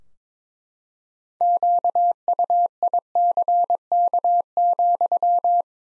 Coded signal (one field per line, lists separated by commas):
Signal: Morse code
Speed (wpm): 22 wpm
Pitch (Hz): 700 Hz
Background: none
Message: QUICK,